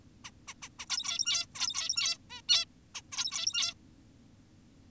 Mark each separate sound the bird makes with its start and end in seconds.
0.25-0.31, 0.48-0.54, 0.62-0.69, 0.79-0.86, 0.90-1.46, 1.55-2.18, 2.30-2.42, 2.49-2.65, 2.95-3.02, 3.12-3.74